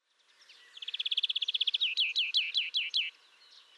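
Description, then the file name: European greenfinch song: a fast, even trill of high notes that breaks into a slower series of about six down-slurred chirps, then stops. "Chloris chloris"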